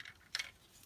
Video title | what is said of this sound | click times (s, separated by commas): Transformers Shattered Glass Leader Class Ultra Magnus Review | all snap into place | 0.4 s